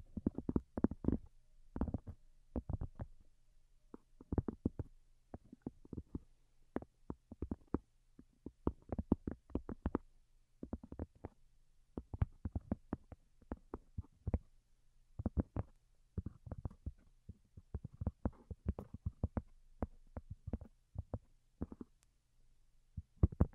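Soft, quick tapping in irregular bursts and clusters throughout, each tap short and muted, with a faint low hum underneath.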